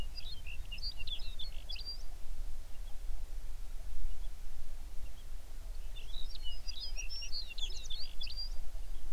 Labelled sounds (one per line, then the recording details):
songbird
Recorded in the Prudhoe Bay oil fields, Alaska, on 11 June 2019 at 05:22
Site 21